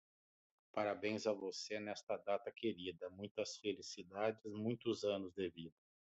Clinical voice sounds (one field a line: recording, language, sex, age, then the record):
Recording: short text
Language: Brazilian Portuguese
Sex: male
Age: 50 to 59 years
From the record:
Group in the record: control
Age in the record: 57 years